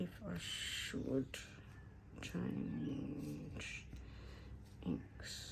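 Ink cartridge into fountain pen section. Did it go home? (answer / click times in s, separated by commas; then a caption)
no / none. An ink cartridge is being pushed onto the section of a fountain pen while someone talks, with soft handling and rustling sounds around the speech. The clip ends before the part goes home, so the cartridge has not seated or clicked yet.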